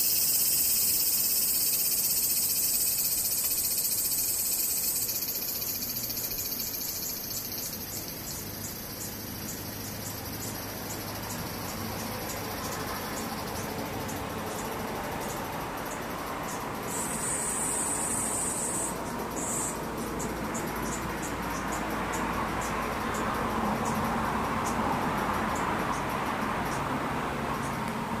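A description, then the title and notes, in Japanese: Cicadas buzz in a high, shrill drone that is loudest in the first few seconds, thins out, then surges again around seventeen seconds before breaking into quick, rhythmic pulses. A steady low rumble, like traffic, runs underneath the whole time. 環境音パック７２３－５。セミ。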